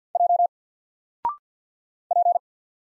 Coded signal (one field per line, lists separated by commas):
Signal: Morse code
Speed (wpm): 53 wpm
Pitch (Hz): 700 Hz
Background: none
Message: J P